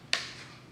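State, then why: Seated. A plastic bump cap is pressed back onto a string-trimmer head housing so its tabs pop into the grooves. A single sharp click sounds at 0.1 s and rings down over the next half second against a quiet background. The cap is seated.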